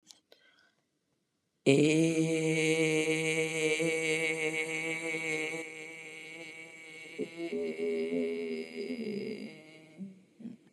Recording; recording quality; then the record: sustained vowel as in made; excellent, no background noise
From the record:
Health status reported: COVID-19 positive, mild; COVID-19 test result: positive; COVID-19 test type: RT-PCR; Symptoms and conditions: fatigue, diabetes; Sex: female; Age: 51 years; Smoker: no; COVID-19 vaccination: both doses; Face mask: not worn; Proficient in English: yes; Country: India